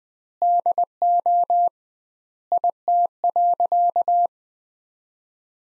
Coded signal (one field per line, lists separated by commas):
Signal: Morse code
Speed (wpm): 21 wpm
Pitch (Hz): 700 Hz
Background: none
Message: DO IT.